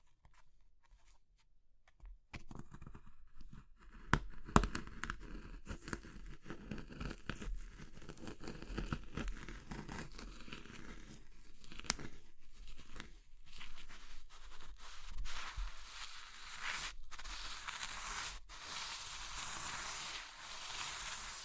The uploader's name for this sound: Crushing Triggers Soap, Chalk, Meringue, Pastel